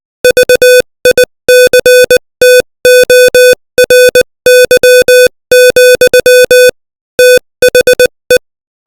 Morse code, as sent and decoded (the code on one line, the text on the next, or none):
...- .. -.-. - --- .-. -.-- --..-- / - .... .
VICTORY, THE